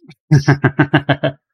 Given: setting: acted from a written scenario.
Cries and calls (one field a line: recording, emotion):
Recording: vocal sound without words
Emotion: amusement